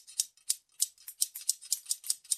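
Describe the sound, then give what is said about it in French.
Sheep-shearing scissors snip in a steady percussive rhythm as the percussion of a shearers' song, about ten crisp, bright metallic clicks in quick succession, played alone with no voices. “On va écouter un chant de tonder dont l'instrument de percussion sont les ciseaux.”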